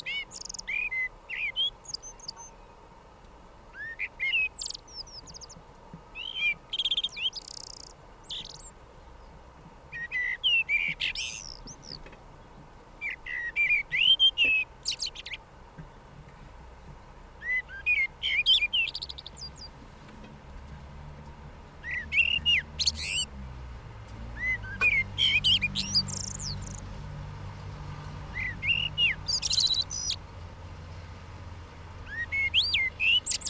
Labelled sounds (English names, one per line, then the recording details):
Common Blackbird song
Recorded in the wild
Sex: male
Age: adult
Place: Garmisch-Partenkirchen, Bayern, DE
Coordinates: 47.4925, 11.0742
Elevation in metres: 708
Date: 1967-03-26
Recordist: Tretzel, Erwin